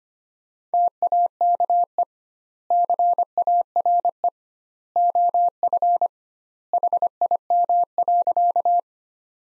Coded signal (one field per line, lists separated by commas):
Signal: Morse code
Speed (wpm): 25 wpm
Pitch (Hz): 700 Hz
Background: none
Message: TAKE CARE OF HIM.